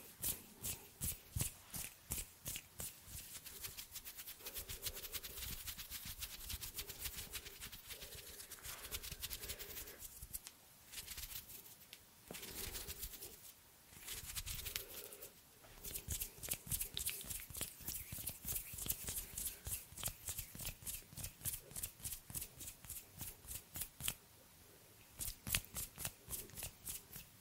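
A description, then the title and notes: Hand sounds made up of quick, crisp taps and rubs, fast and dense for most of the 27 seconds, like cards being shuffled. Around the middle the pace loosens into short bursts with brief gaps, then the rapid tapping returns and runs to the end. ASMR Hand sounds No talking.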